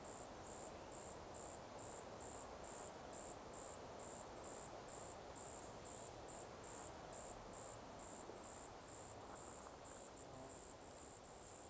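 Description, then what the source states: Cicada pulsing steadily, high thin beats for the whole stretch, over a constant rain-like roar. Cicadas in a forest during the daytime.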